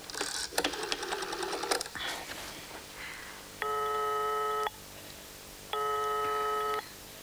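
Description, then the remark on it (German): Rapid mechanical clicking of a phone number being dialed for about two seconds, followed by two long, steady electronic ringing tones separated by a pause of quiet. “Kann ich mal telefonieren?”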